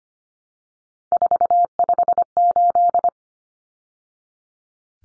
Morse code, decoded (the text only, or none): 458